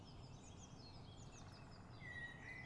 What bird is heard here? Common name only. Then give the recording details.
Great Spotted Woodpecker. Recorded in Germany. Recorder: ecoPi